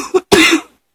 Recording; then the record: coughing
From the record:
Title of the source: 64 coughing, allergies, singing lungs